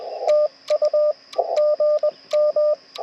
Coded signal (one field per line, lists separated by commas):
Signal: Morse code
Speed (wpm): 21 wpm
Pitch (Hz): 610 Hz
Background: radio noise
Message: TU GM